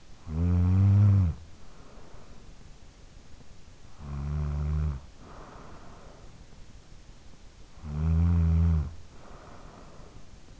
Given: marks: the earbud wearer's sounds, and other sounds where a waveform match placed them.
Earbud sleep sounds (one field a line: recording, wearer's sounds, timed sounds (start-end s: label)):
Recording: sounds in sleep by an in-ear microphone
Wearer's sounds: snoring breath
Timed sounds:
0.00-2.88 s: snoring breath
3.68-6.86 s: snoring breath
7.55-10.60 s: snoring breath